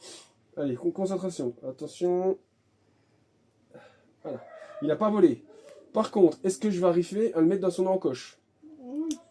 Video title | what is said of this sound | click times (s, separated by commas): réparation visseuse à choc Parkside performance owim | j'ai entendu clic quand on entend le clic tu c'est ce que ça veut dire c'est qu'il est dedans et regardez ça | 9.1 s